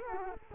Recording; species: mosquito wingbeat signal from an infrared sensor; Culex quinquefasciatus